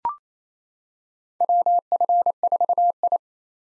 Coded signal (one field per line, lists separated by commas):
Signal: Morse code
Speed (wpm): 29 wpm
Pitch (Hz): 700 Hz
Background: none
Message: WF4I